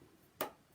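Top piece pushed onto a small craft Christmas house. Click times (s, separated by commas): 0.4 s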